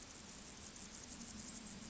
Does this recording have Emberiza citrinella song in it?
no